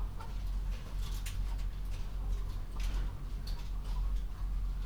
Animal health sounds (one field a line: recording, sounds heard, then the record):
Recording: poultry house recording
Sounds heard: healthy chickens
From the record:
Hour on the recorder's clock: 21